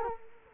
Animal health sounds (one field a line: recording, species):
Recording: mosquito wingbeat signal from an infrared sensor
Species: Culex quinquefasciatus